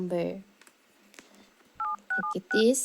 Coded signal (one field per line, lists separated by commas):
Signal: DTMF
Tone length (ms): 120 ms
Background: speech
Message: 87676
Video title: How to Turn Off Dialpad Sound on Android